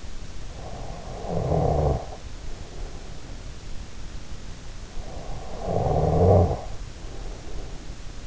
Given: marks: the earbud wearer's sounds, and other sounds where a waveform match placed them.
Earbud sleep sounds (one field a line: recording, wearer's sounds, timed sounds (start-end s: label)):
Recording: sounds in sleep by an in-ear microphone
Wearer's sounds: snoring breath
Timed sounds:
0.55-3.81 s: snoring breath
4.94-8.27 s: snoring breath